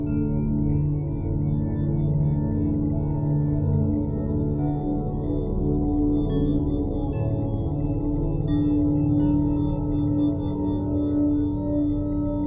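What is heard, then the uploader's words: Binaural beats: a steady, unbroken drone of low, layered tones, like a singing bowl, with pitches shifting slowly and no distinct events. Binaural Beats.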